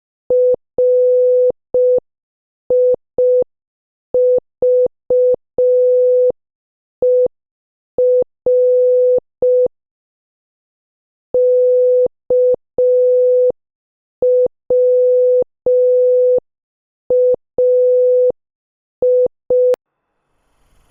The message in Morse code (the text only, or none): RIVER KWAI